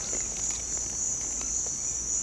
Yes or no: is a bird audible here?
no